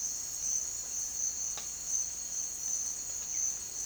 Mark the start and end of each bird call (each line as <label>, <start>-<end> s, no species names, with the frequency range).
bird call (1.7-2.6 kHz), 3.26-3.47 s